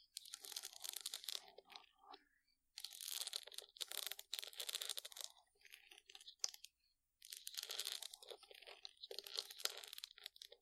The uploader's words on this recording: ASMR Deep Brain Scratching（No Talking）.